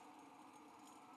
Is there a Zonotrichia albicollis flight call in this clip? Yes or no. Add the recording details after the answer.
no. No flight call is heard. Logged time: 09:24 on 5 December 2014